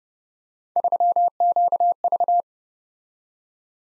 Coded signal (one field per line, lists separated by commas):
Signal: Morse code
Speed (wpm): 30 wpm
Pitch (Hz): 700 Hz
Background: none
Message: 3QV